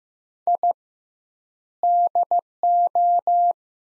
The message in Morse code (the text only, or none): I DO